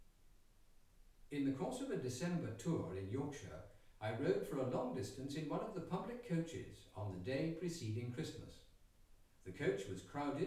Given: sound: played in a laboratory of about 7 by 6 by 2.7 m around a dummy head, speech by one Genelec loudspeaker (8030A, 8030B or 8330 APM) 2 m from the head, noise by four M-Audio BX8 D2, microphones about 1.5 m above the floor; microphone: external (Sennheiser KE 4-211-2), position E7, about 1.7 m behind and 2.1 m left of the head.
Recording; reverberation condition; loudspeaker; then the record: male speech in English; medium; 30 degrees to the right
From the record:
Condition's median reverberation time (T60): about 510 ms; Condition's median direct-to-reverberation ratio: about -0.5 dB